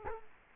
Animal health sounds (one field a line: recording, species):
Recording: mosquito wingbeat signal from an infrared sensor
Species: Culex quinquefasciatus